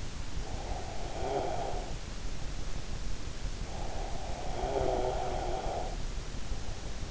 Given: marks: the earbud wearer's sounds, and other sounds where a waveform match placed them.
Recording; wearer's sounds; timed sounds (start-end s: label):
sounds in sleep by an in-ear microphone; snoring breath
0.32-1.92 s: snoring breath
3.71-5.98 s: snoring breath